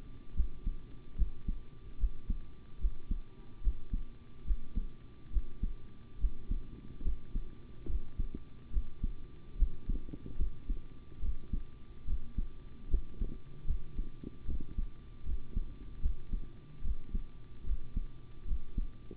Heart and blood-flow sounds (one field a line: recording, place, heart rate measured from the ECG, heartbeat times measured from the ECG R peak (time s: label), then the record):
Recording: heart sounds by stethoscope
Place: between the tricuspid and mitral areas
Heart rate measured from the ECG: 73 bpm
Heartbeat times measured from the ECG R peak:
0.34 s: heartbeat
1.16 s: heartbeat
1.98 s: heartbeat
2.79 s: heartbeat
3.61 s: heartbeat
4.45 s: heartbeat
5.31 s: heartbeat
6.19 s: heartbeat
7.03 s: heartbeat
7.86 s: heartbeat
8.71 s: heartbeat
9.57 s: heartbeat
10.37 s: heartbeat
11.20 s: heartbeat
12.05 s: heartbeat
12.89 s: heartbeat
13.66 s: heartbeat
14.46 s: heartbeat
15.24 s: heartbeat
16.01 s: heartbeat
16.82 s: heartbeat
17.64 s: heartbeat
18.46 s: heartbeat
From the record:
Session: rest, sitting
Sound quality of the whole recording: good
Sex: male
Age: 25 years